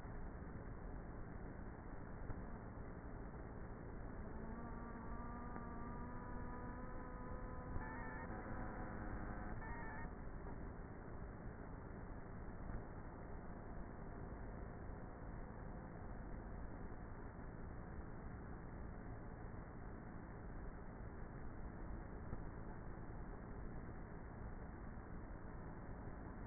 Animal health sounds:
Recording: honeybee colony, microphone inside the hive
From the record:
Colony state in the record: queenless with a low population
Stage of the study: before two queens were removed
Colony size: about 30,000 bees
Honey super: no

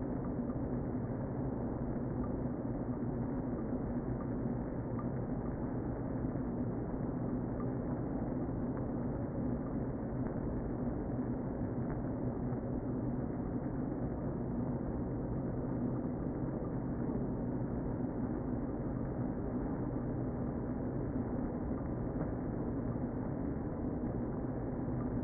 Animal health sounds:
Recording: honeybee colony, microphone inside the hive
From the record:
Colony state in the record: queen present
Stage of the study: before two queens were removed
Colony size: about 60,000 bees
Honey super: yes

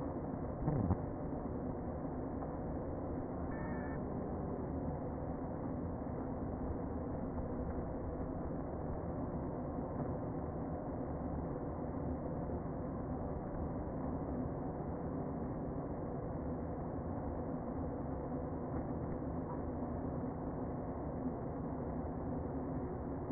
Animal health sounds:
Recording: honeybee colony, microphone inside the hive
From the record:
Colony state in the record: queen present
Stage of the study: before two queens were removed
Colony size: about 60,000 bees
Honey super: yes

